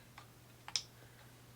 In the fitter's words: unlock it till we hear a click.